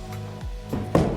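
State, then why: Seated. A spring-locked side door on a Barletta Corsa 23UC pontoon boat is swung shut into its spring lock over a steady low hum. After a softer knock near 0.7 s, the latch catches with a single sharp hit at 0.95 s, and the door is locked in place.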